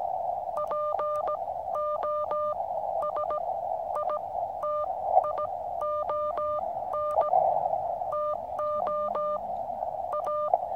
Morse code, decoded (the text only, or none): POSITION TO A